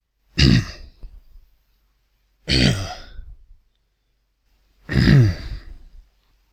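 Three separate harsh throat-clearing bursts, about two seconds apart, each a loud rough onset that trails off with a few smaller rasps. Acted coughs and throat clearing by an adult, with no breathing sounds between them.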